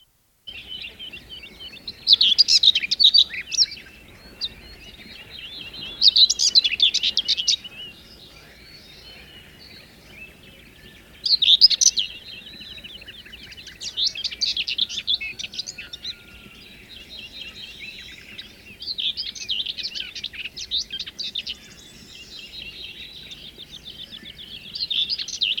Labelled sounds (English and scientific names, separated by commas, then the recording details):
Common Whitethroat (Sylvia communis) song
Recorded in the wild
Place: Džebel, Khaskovo, BG
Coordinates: 41.312, 25.274
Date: 1974-05-29
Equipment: Nagra III BH, Sennheiser MD 21, parabola
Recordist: Schubert, Michael
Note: Gesang Dorngrasmücke